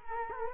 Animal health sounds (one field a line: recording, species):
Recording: mosquito wingbeat signal from an infrared sensor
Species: Culex quinquefasciatus